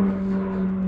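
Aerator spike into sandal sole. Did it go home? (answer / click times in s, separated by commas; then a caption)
no / none. A plastic lawn aerator spike is pressed into a spike sandal sole with the tool, but it will not go in and is left alone. Only a steady low hum with a strong tone near 200 Hz is heard throughout, with no sharp sounds. Nothing has seated or clicked yet.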